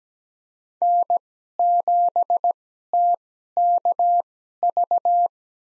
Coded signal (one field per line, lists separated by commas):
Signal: Morse code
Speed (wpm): 17 wpm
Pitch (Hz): 700 Hz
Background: none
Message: N7TKV